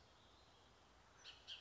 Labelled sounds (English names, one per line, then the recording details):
Bullock's Oriole
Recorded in Sonoma County, California